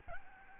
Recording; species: mosquito wingbeat signal from an infrared sensor; Aedes albopictus